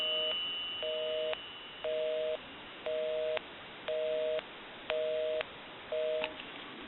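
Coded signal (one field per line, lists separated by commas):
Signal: telephone call progress tone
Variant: North America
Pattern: busy tone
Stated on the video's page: Tone on an AE 3-slot payphone during initial checkout and repair conversion.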